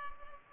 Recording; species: mosquito wingbeat signal from an infrared sensor; Culex pipiens